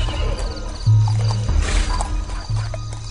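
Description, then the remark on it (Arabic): Several horses approach from far away, neighing and snorting over a steady, rumbling clatter of hooves, with strong low pulses and a broad gritty wash; no one speaks. “يابا يابا، صوت خيل، صوت خيل جاي من بعيد.”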